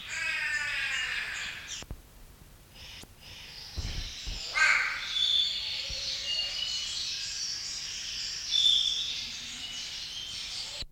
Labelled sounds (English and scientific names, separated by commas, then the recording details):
White-bellied Go-away-bird (Corythaixoides leucogaster) call, Scarlet-headed Blackbird (Amblyramphus holosericeus)
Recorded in captivity
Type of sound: call
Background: Amblyramphus holosericeus
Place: Zoo Berlin, Berlin, DE
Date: 1994-02-05
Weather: heiter bis wolkig, 0°C, Wind
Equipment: Marantz CP 430, Sennheiser MKH 416 T, Kopie Uher Variocord 263
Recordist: Tembrock, Günter
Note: Lang- und Kurzlaut